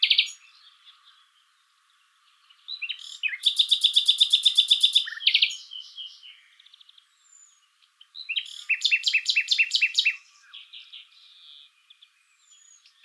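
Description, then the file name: Common nightingale song: two long bursts of very rapid, loud repeated notes, each followed by softer warbles and quiet trailing notes. "Luscinia megarhynchos"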